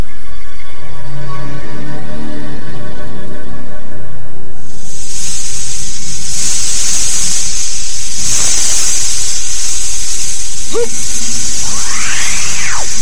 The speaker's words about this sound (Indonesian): Seekor ular raksasa. Celaka! Apa yang akan dilakukan oleh ular itu? Dia mendekati ketiga sosok tubuh itu.